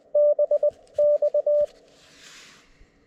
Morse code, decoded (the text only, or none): BX